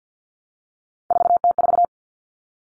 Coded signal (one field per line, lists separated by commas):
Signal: Morse code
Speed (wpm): 50 wpm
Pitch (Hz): 700 Hz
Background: none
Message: 4T4